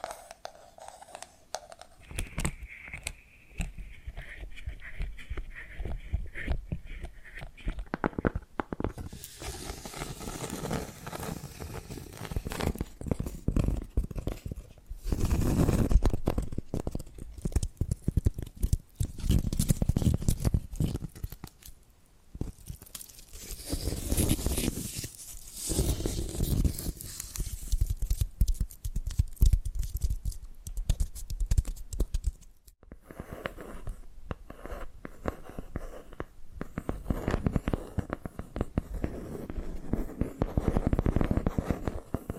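Hypnotic tapping and scratching sounds, dense rapid taps and bright scraping bursts that swell and pause in irregular waves throughout.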